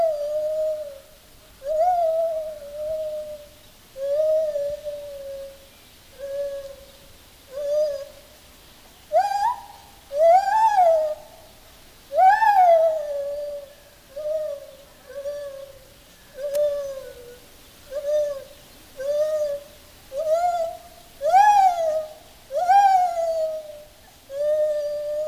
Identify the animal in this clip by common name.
Lar Gibbon